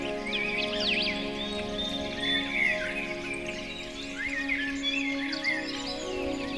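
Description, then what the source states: Chorus of chirping birds with swooping whistled notes and scattered twitters, accompanied by a smooth, continuous musical drone. Birdsong mixed with music.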